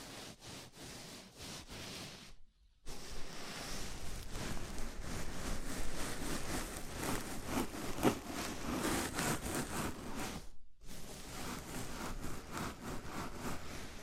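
A scalp massage: dense, crackly rubbing and scratching of fingers through hair, rising and falling in quick strokes like soft rain. It sounds quieter for the first two seconds, drops to silence briefly near 2.5 and 10.7 seconds, then continues steadily.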